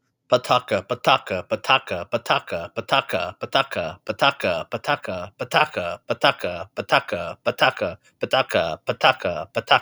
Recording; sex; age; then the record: repeated syllables /pa ta ka/; male; 30 to 39 years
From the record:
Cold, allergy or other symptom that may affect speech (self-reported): no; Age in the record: 32 years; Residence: Indiana, United States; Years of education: 18